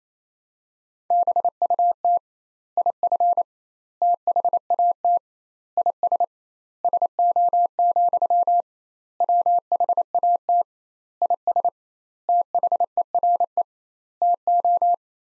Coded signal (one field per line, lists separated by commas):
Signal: Morse code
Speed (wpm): 28 wpm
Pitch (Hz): 700 Hz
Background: none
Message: BUT IF THAT IS SO, WHAT IS THERE TO